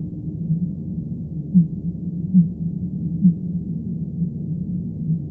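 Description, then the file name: Fin whale pulses, three short low thumps about a second apart standing out over a constant low rumbling noise band. "B physalus"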